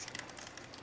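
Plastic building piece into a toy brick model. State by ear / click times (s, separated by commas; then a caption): not seated / none. A plastic building piece is handled and pressed toward its spot on a LEGO 2025 Family Christmas Tree 41843 brick model, with soft plastic rustling and a few faint taps over a low steady background. Nothing has seated or clicked yet.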